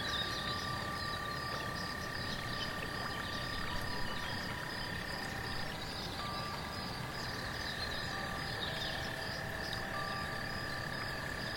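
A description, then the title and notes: Rain patters steadily on fallen leaves beneath a constant high cicada buzz, while wind chimes ring long, overlapping tones throughout. The enchanting forest at night is beautiful, with raindrops falling on the fallen leaves, cicadas and wind chimes.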